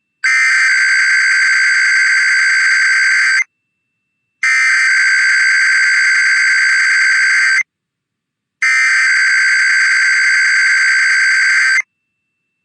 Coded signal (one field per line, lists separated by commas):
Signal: Emergency Alert System (SAME) tones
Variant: header bursts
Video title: IPAWS Weekly Tests (EAS #294-301) 4/8/24